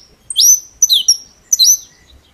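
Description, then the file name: Saffron finch song: three bright, sweeping high chirps spaced over about one and a half seconds, clear against a quiet background. "Canto-do-Canário-da-Terra"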